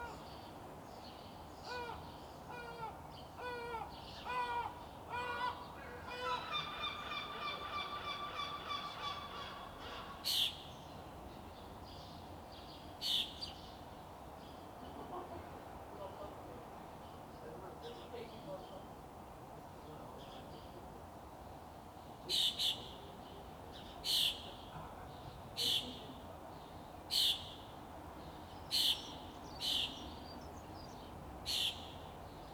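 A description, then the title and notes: Outdoor ambience from a balcony: a steady low rumble underlies everything while a bird chirps rapidly in quick repeated bursts for the first ten seconds. Later, sharp bright calls ring out singly, then settle into a regular series every second or two near the end. Musselburgh balcony. Just before breakfast.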